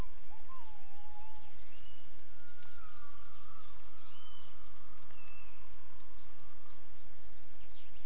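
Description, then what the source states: Gibbon calls: tonal, whistle-like notes, some sliding in pitch, heard several times under a constant high insect drone. Recorded for acoustic triangulation of calling gibbons.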